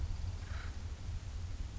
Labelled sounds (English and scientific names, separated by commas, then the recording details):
Acorn Woodpecker (Melanerpes formicivorus)
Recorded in Sonoma County, California